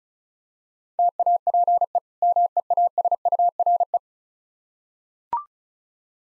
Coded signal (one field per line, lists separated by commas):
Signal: Morse code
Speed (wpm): 36 wpm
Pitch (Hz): 700 Hz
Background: none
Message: TAPE MEASURE